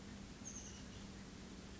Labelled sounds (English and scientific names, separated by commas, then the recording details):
Oak Titmouse (Baeolophus inornatus)
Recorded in Sonoma County, California